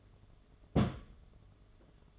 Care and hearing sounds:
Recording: daily activity, microphone in the room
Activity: place on stove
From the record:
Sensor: 4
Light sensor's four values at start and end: 223/580/245/257 and 232/604/255/268

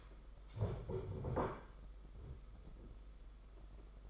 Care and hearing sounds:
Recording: daily activity, microphone in the room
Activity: stand up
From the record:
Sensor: 5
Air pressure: 991.8 hPa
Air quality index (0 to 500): 143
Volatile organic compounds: 133 ppm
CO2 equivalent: 3942 ppm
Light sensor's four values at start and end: 32/108/40/43 and 32/108/40/43

